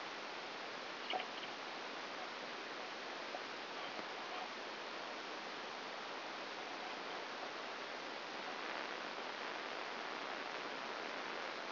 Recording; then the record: brain microelectrode recording played as sound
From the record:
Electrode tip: outside the subthalamic nucleus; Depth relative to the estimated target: 4 mm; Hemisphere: left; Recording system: AlphaMap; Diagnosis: Parkinson's disease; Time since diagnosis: 9 years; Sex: male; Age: 68 years